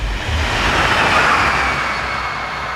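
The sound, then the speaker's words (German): Rain beats steadily against a train compartment window, a dense, even hiss over a low rumble of the moving train, holding at a constant level throughout with no voices. “Der Regen schlägt gegen das Abteilfenster.”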